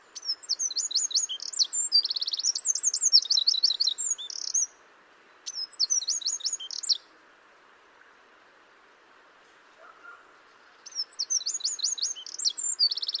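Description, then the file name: Eurasian wren singing three loud, high-pitched bursts of fast trills and chattering notes, separated by a short pause and then a longer silence. "Troglodytes troglodytes"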